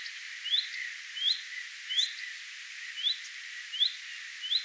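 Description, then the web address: Common redstart giving six sharp rising whistles over a quiet bird chorus. Alarm or attention calling recorded on 3 May 2025. "paivat 3 5 2025 leppalinnun huomioaantelya"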